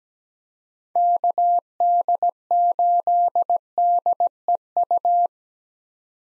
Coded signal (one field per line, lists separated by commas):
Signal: Morse code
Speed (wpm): 17 wpm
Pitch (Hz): 700 Hz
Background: none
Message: KD8DEU